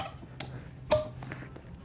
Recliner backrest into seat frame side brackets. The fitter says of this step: So I heard 2 clicks. I'll give it a quick pull test, make sure we're locked in, and we are.